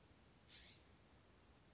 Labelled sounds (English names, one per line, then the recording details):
California Scrub-Jay
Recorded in Sonoma County, California